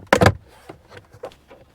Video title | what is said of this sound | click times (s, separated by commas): How To Change Cabin Air Filter Ford F150 2015-2021 | and press firmly along the bottom until you hear all the tabs lock into place | 0.1 s